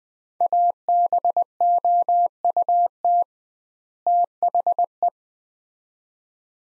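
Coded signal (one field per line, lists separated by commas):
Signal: Morse code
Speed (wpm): 21 wpm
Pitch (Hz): 700 Hz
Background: none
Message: ABOUT THE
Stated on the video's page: Morse practice at 20 wpm: two-word sets with 2x word-spacing, a Farnsworth-like head-copy drill.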